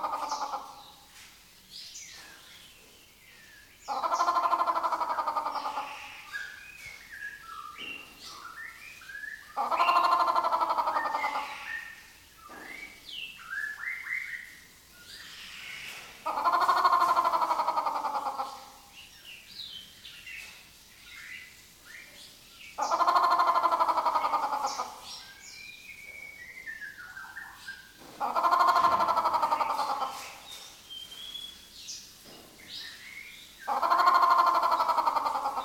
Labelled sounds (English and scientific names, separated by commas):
White-rumped Shama (Copsychus malabaricus)